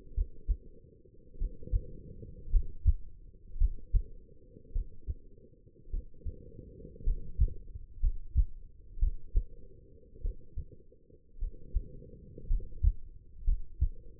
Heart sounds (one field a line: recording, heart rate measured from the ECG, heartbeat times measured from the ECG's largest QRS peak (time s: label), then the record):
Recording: heart sounds by stethoscope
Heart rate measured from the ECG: 54 bpm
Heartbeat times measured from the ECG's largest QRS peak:
0.14 s: heartbeat
1.38 s: heartbeat
2.50 s: heartbeat
3.58 s: heartbeat
4.72 s: heartbeat
5.90 s: heartbeat
7.04 s: heartbeat
8.00 s: heartbeat
8.99 s: heartbeat
10.21 s: heartbeat
11.38 s: heartbeat
12.47 s: heartbeat
13.44 s: heartbeat
From the record:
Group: healthy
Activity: rest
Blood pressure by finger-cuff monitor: 130/84 mmHg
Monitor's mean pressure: 97 mmHg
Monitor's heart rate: 53 bpm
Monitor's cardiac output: 4.7 L/min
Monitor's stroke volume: 88 mL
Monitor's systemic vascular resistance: 1570 dyn s/cm5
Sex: female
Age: 23 years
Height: 160 cm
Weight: 50.4 kg